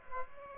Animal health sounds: mosquito wingbeat signal from an infrared sensor; Aedes aegypti

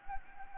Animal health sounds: mosquito wingbeat signal from an infrared sensor; Anopheles gambiae

